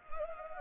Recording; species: mosquito wingbeat signal from an infrared sensor; Anopheles arabiensis